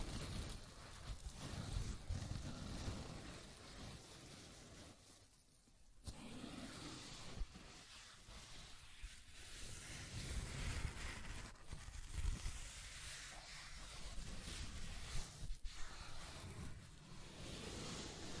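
Scratching and tracing sounds, a dense, rough rasp that runs almost without pause for the whole length. The strokes surge and ease irregularly, with a brief lull near six seconds and sharper scrapes around twelve and fifteen seconds, over a low rumbling undertone.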